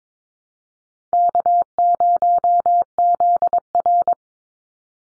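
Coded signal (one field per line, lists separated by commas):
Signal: Morse code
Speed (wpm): 22 wpm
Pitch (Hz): 700 Hz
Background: none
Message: K0ZR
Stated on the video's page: Morse code callsign drill at 22 wpm for head-copy practice, each easy 1x2 or 2x1 callsign sent twice, spoken, then sent again.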